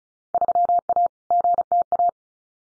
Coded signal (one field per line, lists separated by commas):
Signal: Morse code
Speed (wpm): 34 wpm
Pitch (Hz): 700 Hz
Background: none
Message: 3A GTA